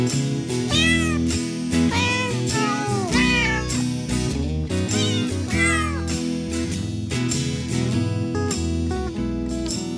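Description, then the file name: Cat gives a run of arching meows in the first six seconds, then only steady musical tones continue. "Myaukane"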